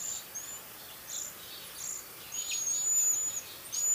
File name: Cedar Waxwing Bombycilla cedrorum